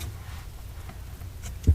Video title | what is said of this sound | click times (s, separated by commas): Sub-Zero 611 Ice Maker Arm Replace | push to a little click and that means it's locked in place but as an extra caution | 1.6 s